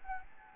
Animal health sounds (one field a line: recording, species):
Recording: mosquito wingbeat signal from an infrared sensor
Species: Anopheles gambiae